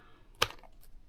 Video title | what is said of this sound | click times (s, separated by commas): 🛩️ Heewing T1 - S! | Press the button to disconnect it. | 0.4 s